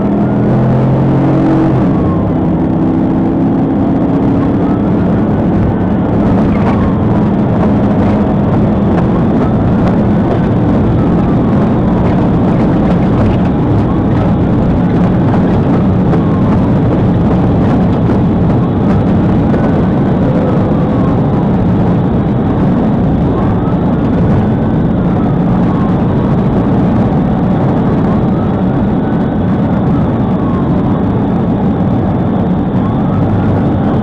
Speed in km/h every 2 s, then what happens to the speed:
118, 129, 134, 145, 156, 163, 164, 167, 166, 163, 161, 159, 156, 155, 151, 147, 147.
0-14 speeds up to 167. 14-34 slows to 147.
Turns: none.